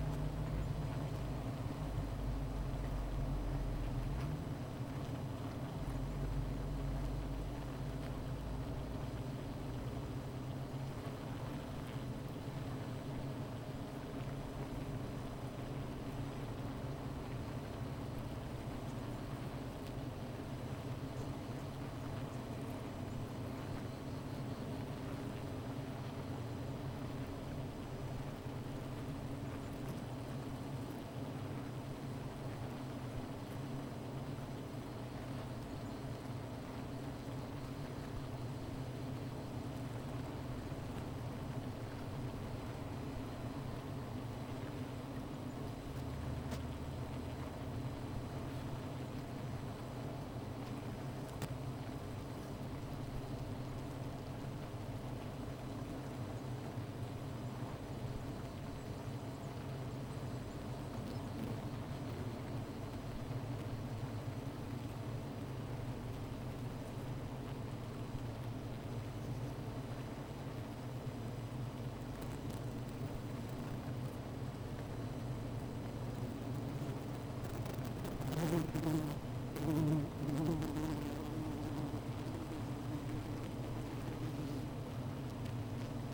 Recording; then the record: honeybee colony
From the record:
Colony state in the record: missing queen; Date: 14 July 2017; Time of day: 15:07